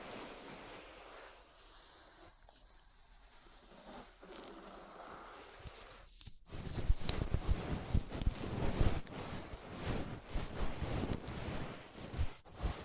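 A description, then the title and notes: Ear brushing, starting as a soft, fairly even hiss for about six seconds. Just after six seconds it turns louder and busier, with rapid scratchy brush strokes crackling across low and bright sounds, and uneven bursts continuing to the end. ASMR Relaxing 3Dio Ear Brushing (No Talking).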